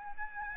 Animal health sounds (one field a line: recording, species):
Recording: mosquito wingbeat signal from an infrared sensor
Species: Aedes albopictus